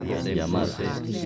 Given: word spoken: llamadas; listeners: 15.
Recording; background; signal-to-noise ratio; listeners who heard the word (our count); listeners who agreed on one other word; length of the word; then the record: one Spanish word in noise, from a listening test; eight-talker babble; -2.3 dB; 0 of 15; 10 of 15; 0.86 s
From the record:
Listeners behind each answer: 10, 1, 1, 1, 1, 1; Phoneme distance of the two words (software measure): 7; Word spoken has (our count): 3 syllables, 7 phonemes, stress on syllable 2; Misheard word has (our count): 3 syllables, 6 phonemes, stress on syllable 2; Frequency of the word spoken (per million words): 35.64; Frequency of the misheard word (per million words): 79.24